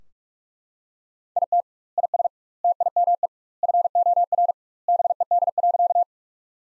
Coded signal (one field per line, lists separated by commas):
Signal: Morse code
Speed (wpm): 42 wpm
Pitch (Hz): 700 Hz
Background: none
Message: IT IS TIME FOR BED.